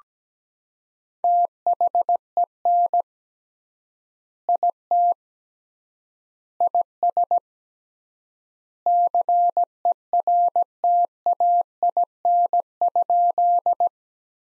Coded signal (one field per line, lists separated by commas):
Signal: Morse code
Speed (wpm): 17 wpm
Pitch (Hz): 700 Hz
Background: none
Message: THEN IT IS CERTAIN?